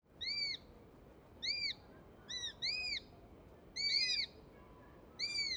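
Eurasian sparrowhawk calls: short arched, harmonic-rich squealing whistles, some doubled or tripled, given in several bursts over a steady low hiss.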